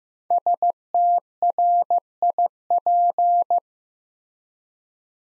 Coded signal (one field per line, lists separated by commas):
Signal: Morse code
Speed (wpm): 15 wpm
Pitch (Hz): 700 Hz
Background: none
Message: STRIP